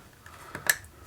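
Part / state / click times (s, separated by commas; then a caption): wiring connector into motorcycle fuel pump controller / seated / 0.7 s. A plastic electrical connector is pushed by hand onto the fuel pump controller of a BMW F800GS motorcycle during fuel pump controller diagnosis and replacement. Faint ticks at 0.3 s and 0.6 s lead to one sharp, bright snap at 0.7 s, followed by a soft tick near 1.1 s. The connector snaps home and is seated.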